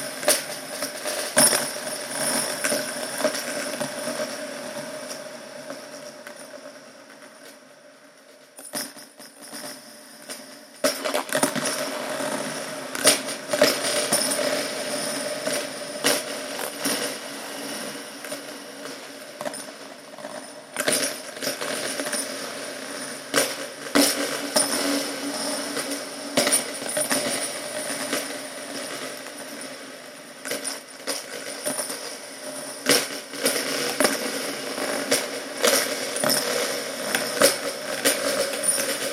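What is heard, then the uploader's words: Three old pennies rattle around in a plastic tub, a busy, continuous jangle of small bright clicks and scrapes. The shaking eases and grows quiet around eight to eleven seconds, then resumes with dense, uneven rattling and sharp taps through the end. Sounds of three old pennies in a plastic tub recorded via Pure Data for spatial effects, subsequently given some extra echo & reverb.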